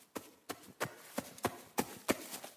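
A large raccoon's hurried, alarmed footsteps scurry across an attic: about eight sharp, hollow thumps in a quick, uneven rhythm, each a brief knock with no voices.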